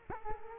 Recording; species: mosquito wingbeat signal from an infrared sensor; Culex quinquefasciatus